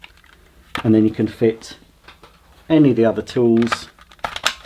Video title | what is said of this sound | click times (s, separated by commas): Shark CarpetXpert With StainSkriker Carpet Washer Assembly & First Look | Just click into place like that, and again release using the button. | 4.5 s